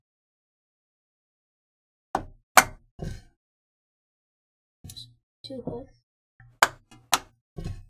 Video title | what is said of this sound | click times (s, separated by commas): Building your own PC | click on each side so now we have it at number 1 and 2 is that correct | 6.6 s, 7.1 s